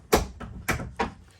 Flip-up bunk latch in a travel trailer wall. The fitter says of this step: but it locks in place there should be room to pack some a lot of bikes in here